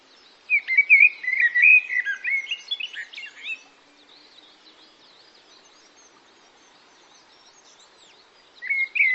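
Bird twittering: a quick run of chirps and warbled, whistled notes for about three seconds, then quiet, then a brief return of chirping at the end.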